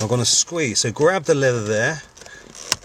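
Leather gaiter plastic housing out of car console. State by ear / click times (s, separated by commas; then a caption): released / 2.7 s. Someone talks while the plastic housing clips of a leather gaiter are squeezed and the leather boot is pulled. The housing pops out of the car console with a sharp pop at 2.7 s. A few faint clicks come before it.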